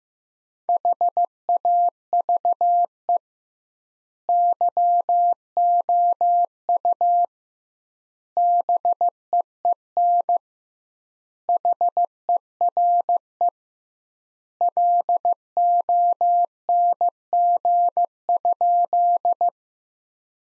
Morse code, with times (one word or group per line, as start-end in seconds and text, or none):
0.7-3.2 HAVE
4.3-7.2 YOU
8.4-10.4 BEEN
11.5-13.5 HERE
14.6-19.5 LONG?